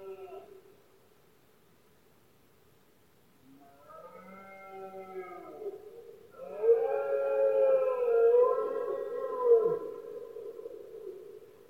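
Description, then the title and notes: Red deer roaring: a call tails off at the start, then a quiet gap, then long harmonic bellows from about four seconds grow louder, groaning roars filling the second half. Male red deer bellowing during the rut, known as berrea or brama, at night in Spain; best heard at night when surroundings are quiet. "Paisaje sonoro: Berrea #04. berrea del ciervo. brama del ciervo"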